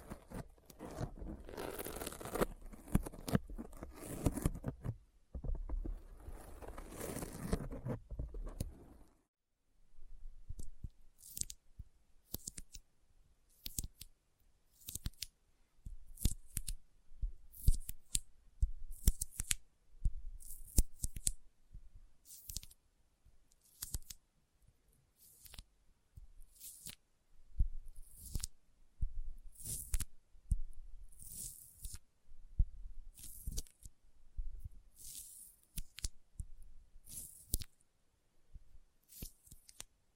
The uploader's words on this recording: ASMR Intense Sticky Finger Sounds (No Talking).